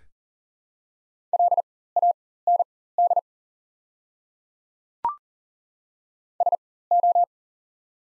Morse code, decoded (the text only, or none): LAND SO